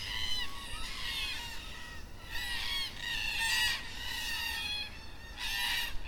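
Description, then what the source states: Black cockatoos calling almost continuously, their nasal, harmonic wails overlapping in waves as several birds call together, with a brief lull near the end. Black cockatoos at dusk in Perth.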